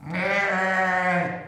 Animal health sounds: contact call of a hoofed animal; sheep; low-frequency (closed-mouth) or high-frequency (open-mouth) call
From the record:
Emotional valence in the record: negative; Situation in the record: short social isolation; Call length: 1.47 s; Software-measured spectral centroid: 1790 Hz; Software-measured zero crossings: 2400 a second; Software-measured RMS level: -24 dBFS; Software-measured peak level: -11 dBFS

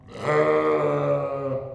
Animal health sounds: contact call of a hoofed animal; sheep; low-frequency (closed-mouth) or high-frequency (open-mouth) call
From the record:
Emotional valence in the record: negative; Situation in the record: short social isolation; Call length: 1.75 s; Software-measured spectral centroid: 1310 Hz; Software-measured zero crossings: 1290 a second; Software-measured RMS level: -23 dBFS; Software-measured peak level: -9 dBFS

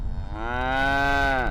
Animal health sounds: contact call of a hoofed animal; cattle; low-frequency (closed-mouth) or high-frequency (open-mouth) call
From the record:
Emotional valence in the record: negative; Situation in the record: full separation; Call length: 1.51 s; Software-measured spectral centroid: 1800 Hz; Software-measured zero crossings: 1520 a second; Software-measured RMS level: -24 dBFS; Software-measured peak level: -16 dBFS

